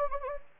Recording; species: mosquito wingbeat signal from an infrared sensor; Anopheles gambiae